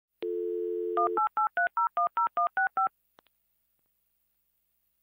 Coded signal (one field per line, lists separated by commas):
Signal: DTMF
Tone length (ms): 130 ms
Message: 1883010165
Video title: Minitel, the "French Internet" That Came Before the Web